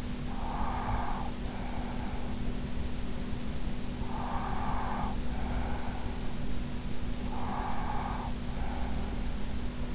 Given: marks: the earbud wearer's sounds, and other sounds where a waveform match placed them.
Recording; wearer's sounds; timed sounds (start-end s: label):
sounds in sleep by an in-ear microphone; breath
0.00-3.06 s: breath
3.87-6.39 s: breath
7.27-9.20 s: breath